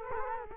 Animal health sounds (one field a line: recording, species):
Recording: mosquito wingbeat signal from an infrared sensor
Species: Culex quinquefasciatus